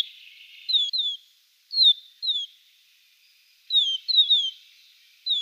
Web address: Schulze Peter Eurasian Crag-Martin calls